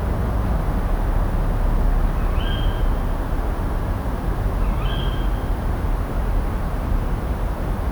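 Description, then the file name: Tawny owl calls: two sharp, rising then level whistled notes about two and a half seconds apart, over a constant low rumbling background. "Strix aluco - Tawny Owl"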